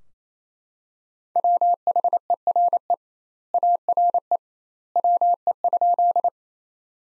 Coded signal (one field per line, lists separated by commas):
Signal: Morse code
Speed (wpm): 28 wpm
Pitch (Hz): 700 Hz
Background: none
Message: WHERE ARE WE?